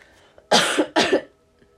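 Two short, loose coughs in quick succession from an adult woman, in a quiet room.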